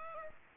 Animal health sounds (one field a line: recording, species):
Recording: mosquito wingbeat signal from an infrared sensor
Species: Aedes aegypti